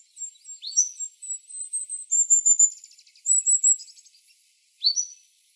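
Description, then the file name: Golden-crowned kinglet song of extremely high, thin notes in a series that drops into a jumbled twittering finish, followed by a single high note. Arizona, 3 November 2005. "GCKI 1 A deviche"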